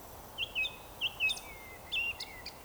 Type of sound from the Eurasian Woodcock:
whistle